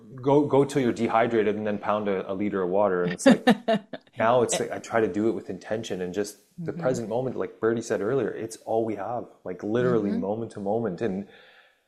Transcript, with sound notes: go till you're dehydrated and then pound a, a liter of water and it's like-
(laughs)
Now, it's like I try to do it with intention and just-
Mm-hmm.
... the present moment, like Birdie said earlier, it's all we have.
Mm-hmm.
Like literally moment to moment.